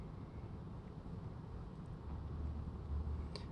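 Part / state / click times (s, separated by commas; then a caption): fuse box cover onto the engine-compartment fuse box of a car / seated / 3.4 s. The plastic cover of the engine-compartment fuse box on a 2015–2018 Nissan Murano is lined up and pushed down over steady low rumbling background noise. A short, sharp click at 3.4 s marks the cover seating in place.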